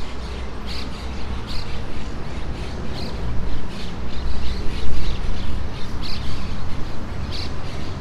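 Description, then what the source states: Monk parakeet squawks, loud grating notes repeated often amid more chatter from other parakeets, over a constant low rumble. Monk parakeets calling in trees near the coast at Playa Ancha.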